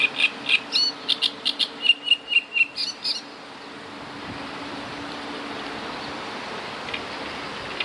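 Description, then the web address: Great reed warbler song: a quick series of about a dozen harsh, chattering notes over three seconds, then a steady background hiss with no singing. "wroblowe kolekcja trzciniak"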